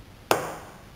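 A screw turned backwards in its threaded hole on a table drops into thread alignment with one sharp, substantial click at 0.3 s, snapping in place. A short ringing decay follows, fading over about half a second. The thread is seated and aligned.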